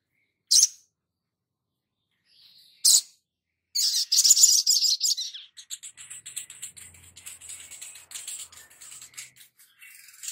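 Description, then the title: Spiderhunter song: two isolated sharp high chips, then a dense rapid twitter that fades into a long series of faint, quick high ticking notes. Labaik song variant. "Sogok Ontong Labaik"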